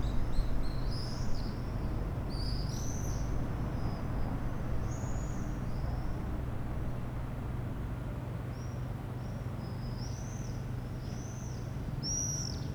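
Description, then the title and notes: Swift screaming calls, shrill high trills in scattered bursts throughout, over a steady low hum. Flock of swifts flying over rooftops of Aix-les-Bains, France, recorded from the MJC courtyard on a Sunday morning. "4 Rue Vaugelas, 73100 Aix-les-Bains, France - Les martinets. Le ballet des martinets au dessus des toits d'Aix-les-bains depuis la cour de la MJC un dimanche matin"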